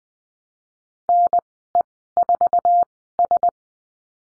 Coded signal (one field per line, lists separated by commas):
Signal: Morse code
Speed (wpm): 20 wpm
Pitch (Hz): 700 Hz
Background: none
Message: NE4S